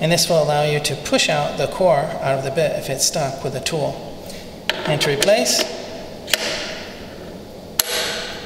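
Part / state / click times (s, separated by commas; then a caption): core bit quick-release shank into drill collar / seated / 7.8 s. Someone talks while handling a quick-release core bit for an AGP TC20/TC40/TC402 tile core drill, then reinserts the bit's shank into the drill's collar and turns it. A sharp click at 6.3 s is followed by a sharp metallic snap at 7.8 s as the core bit seats in the chuck.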